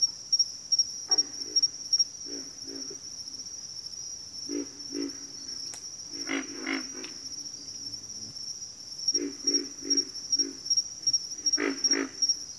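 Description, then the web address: Pig frog grunts, low snorting notes in short clusters separated by quieter pauses, with a constant shrill insect chorus in the background. "Sleep Sounds of Nature. Pig Frogs"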